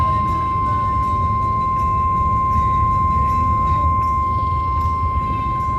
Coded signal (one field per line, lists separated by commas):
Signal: Emergency Alert System (SAME) tones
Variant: 1050 Hz attention tone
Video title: EAS 135 - Louisville SVA